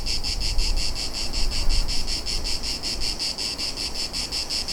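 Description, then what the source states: Cicada singing, a high buzz throbbing in steady pulses several times a second, with a low background rumble. More than one cicada.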